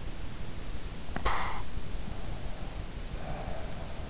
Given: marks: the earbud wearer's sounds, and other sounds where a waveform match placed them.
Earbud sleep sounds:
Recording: sounds in sleep by an in-ear microphone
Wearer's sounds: snoring breath, breath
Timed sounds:
0.93-2.21 s: snoring breath
2.98-4.07 s: breath

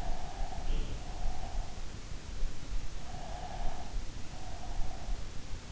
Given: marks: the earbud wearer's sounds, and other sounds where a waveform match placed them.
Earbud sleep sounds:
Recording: sounds in sleep by an in-ear microphone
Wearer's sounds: breath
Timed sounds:
0.00-1.94 s: breath
3.23-5.30 s: breath

